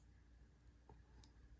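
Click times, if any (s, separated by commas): 0.9 s, 1.2 s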